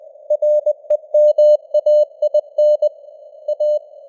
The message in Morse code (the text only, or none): REMAIN A